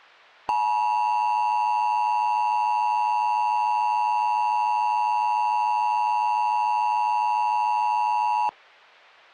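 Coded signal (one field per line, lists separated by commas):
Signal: Emergency Alert System (SAME) tones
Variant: 853 and 960 Hz attention tone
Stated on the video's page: Fictional EAS scenario about a supernova, re-uploaded; contains valid EAS tones.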